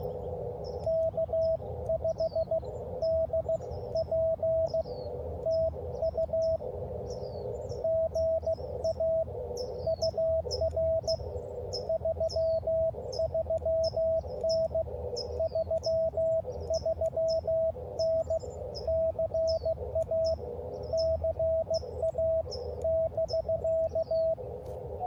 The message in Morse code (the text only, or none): K5DP TU GA UR 33N 33N CA CA <BK>